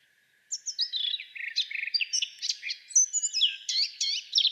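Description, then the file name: Eurasian blackcap song: a hurried, jumbled warble mixing harsh chirps with bright whistled phrases, sung continuously for about four seconds. "Sylvia atricapilla"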